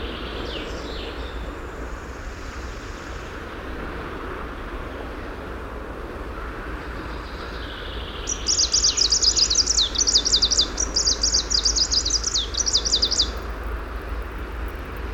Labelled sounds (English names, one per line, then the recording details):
Greenish Warbler song
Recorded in the wild
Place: Lohme, Insel Rügen, Mecklenburg-Vorpommern, DE
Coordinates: 54.565, 13.615
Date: 1981-06-24 07:01
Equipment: Nagra III BH, Sennheiser MD 21, parabola
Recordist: Schubert, Michael
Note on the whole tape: Spontangesang Grüner Laubsänger an der Waldhalle